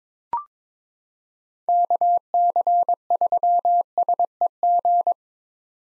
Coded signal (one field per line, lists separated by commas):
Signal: Morse code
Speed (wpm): 22 wpm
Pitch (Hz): 700 Hz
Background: none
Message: KC3SEG